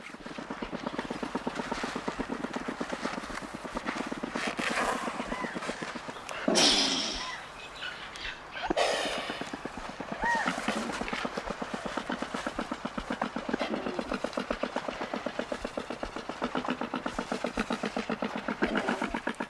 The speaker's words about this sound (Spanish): Lo que estás escuchando es un sonido producido por un cóndor andino. Fue grabado por Guillermo Egli y está disponible en la Biblioteca Sonora de Aves Seno Canto.